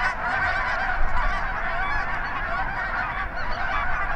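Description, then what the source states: Canada goose calls blending into a continuous chorus of nasal honks, many birds overlapping without pause, over low rushing background noise. Canada goose calling at takeoff.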